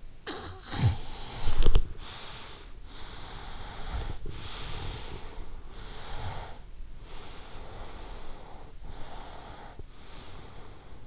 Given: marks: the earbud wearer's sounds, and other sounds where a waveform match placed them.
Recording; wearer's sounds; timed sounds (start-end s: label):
sounds in sleep by an in-ear microphone; snoring breath, breath
0.00-2.61 s: snoring breath
2.78-5.57 s: breath
5.80-8.58 s: breath
9.11-11.07 s: breath